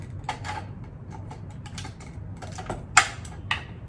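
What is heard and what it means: A plastic juicing bowl assembly for a Kuvings slow juicer is placed onto its motor base, where the mechanism is hidden. Light plastic knocks and rattles lead up to a sharp, bright click at 3.0 s. It is followed by a smaller tick, and the bowl is seated on the base.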